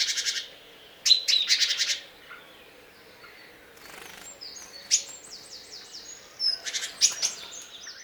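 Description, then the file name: Great tit giving harsh, buzzy churring bursts, two near the start and more near the end, with thin high notes and slurred whistles in between. "Parus major"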